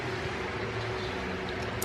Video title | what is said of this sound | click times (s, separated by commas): Heavy Steel Bumper for the Jeep Gladiator Mojave | and it just slides like that and now that's locked in | 1.8 s